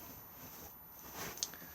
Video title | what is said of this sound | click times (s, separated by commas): 49523 Benimar 2015 Mileo 202 inside handover | just pops into place just there, and then we then just place it into the gap. | 1.4 s